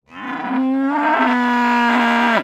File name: cow sound